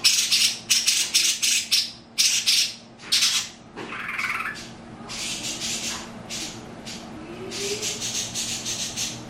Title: Burung Cucak Ijo